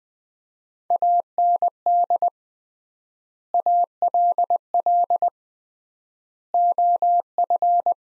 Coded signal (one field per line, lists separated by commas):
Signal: Morse code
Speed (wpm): 21 wpm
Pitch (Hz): 700 Hz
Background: none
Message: AND ALL OF